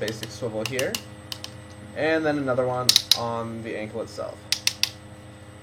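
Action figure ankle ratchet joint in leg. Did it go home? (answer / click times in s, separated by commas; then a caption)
yes / 4.7 s, 4.8 s. Someone talks while the ankle ratchet joint in the leg of a plastic action figure is moved through its positions. The joint gives sharp clicks at about 4.7 s and 4.8 s as it steps into place and seats, a ratchet meant to hold the leg in whatever position it is pushed to.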